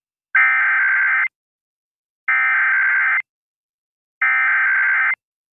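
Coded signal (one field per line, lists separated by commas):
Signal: Emergency Alert System (SAME) tones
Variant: header bursts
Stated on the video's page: Florida statewide required monthly test broadcast on an FM station, shown with a WeatherSTAR 4000.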